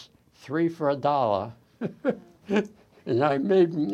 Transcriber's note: laughs